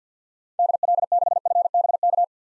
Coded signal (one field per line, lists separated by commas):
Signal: Morse code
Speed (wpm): 50 wpm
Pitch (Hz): 700 Hz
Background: none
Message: DL6FBK